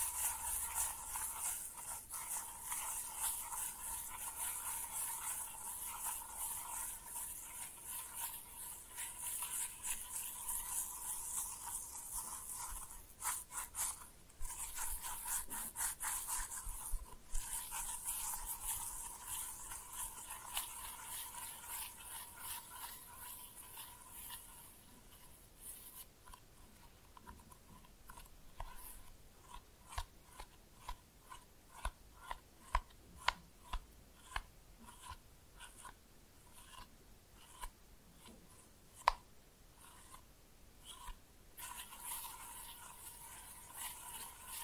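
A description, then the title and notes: Slime being pressed and mixed, with no talking. For the first twenty-five seconds the sound is a steady, bright, sticky squelching; after that it breaks into rapid irregular pops and clicks, sharper and more separate, continuing to the end. Slime No Talking (Pressing and Mixing).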